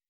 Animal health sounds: hydrophone in a shrimp aquaculture tank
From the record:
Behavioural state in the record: weakened

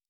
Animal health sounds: hydrophone in a shrimp aquaculture tank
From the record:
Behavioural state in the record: normal

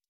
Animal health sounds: hydrophone in a shrimp aquaculture tank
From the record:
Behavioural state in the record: stressed

